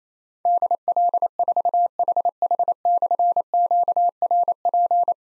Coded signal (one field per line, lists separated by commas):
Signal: Morse code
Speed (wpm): 28 wpm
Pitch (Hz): 700 Hz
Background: none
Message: DL4HH/QRP